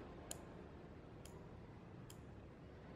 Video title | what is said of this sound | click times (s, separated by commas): M1 - Pengukuran Dasar Pada Benda Padat | selanjutnya di sini kita putar sampai bunyi klik 3 kali. | 0.3 s, 1.3 s, 2.1 s